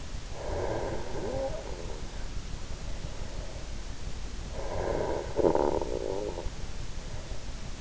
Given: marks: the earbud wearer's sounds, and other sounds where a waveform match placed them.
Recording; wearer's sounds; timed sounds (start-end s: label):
sounds in sleep by an in-ear microphone; snoring breath
0.29-4.07 s: snoring breath
4.40-7.81 s: snoring breath